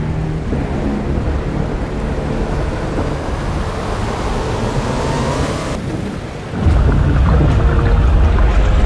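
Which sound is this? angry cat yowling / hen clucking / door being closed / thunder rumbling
thunder rumbling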